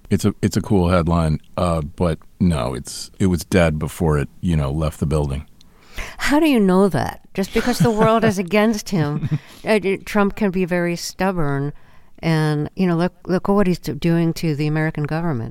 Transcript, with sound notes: It's a cool headline. But no, it's - it was dead before it, you know, left the building.
How do you know that?
(Laughter).
Just because the world is against him. Trump can be very stubborn, and, you know, look at what he's doing to the American government.